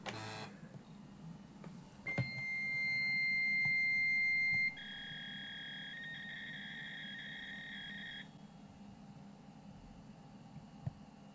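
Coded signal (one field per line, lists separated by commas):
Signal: fax machine handshake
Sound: steady high 2.1 kHz tone for about 2.5 seconds, then a buzzy two-tone warble for 3.5 seconds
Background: room hum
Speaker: and you can hear the fax tones being sent by the computer i'm going to hit start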